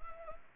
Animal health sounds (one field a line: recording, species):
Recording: mosquito wingbeat signal from an infrared sensor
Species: Anopheles arabiensis